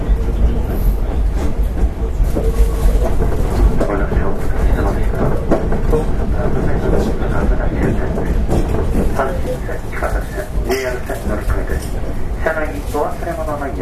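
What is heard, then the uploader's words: A Hankyu 8000 series express rumbles steadily along, its deep running noise continuous, with faint voices and brief clicks mixed in throughout. 阪急電鉄8000系電車の走行音です。 神戸線の特急列車で録音しました。 区間は新開地から梅田までです。 Running sound of Hankyu Railway 8000 series train. Express train of Kobe Line.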